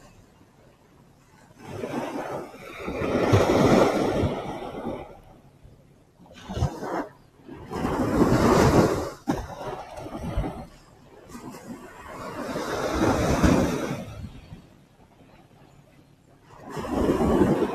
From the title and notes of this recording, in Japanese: 海岸で少し瞑想をしました。波の音。